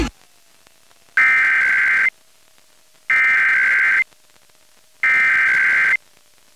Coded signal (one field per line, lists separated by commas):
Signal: Emergency Alert System (SAME) tones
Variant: header bursts